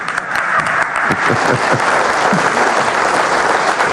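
audience applause

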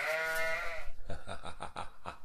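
goats bleating

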